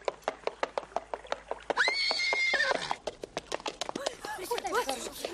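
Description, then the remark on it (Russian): A white horse whinnies loudly with a rising, wavering cry amid a steady, rapid clip-clop of hooves on a hard surface as it is ridden onto a river pier. Voices speak briefly near the end. “на лошади въезжает на речной причал.”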